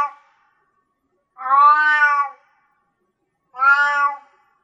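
Cat meowing: the tail of one call, then two drawn-out, harmonic-rich meows about two seconds apart, with silence between them.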